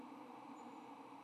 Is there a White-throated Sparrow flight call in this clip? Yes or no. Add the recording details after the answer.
no. No flight call is heard. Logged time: 04:10 on 15 November 2014